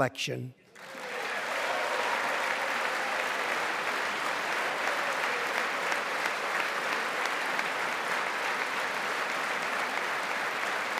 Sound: applause

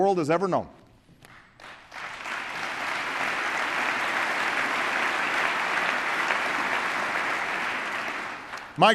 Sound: applause

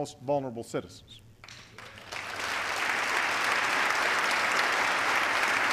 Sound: applause

